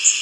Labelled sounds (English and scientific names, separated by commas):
Cerulean Warbler (Setophaga cerulea) flight call